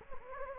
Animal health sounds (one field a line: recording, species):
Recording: mosquito wingbeat signal from an infrared sensor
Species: Anopheles gambiae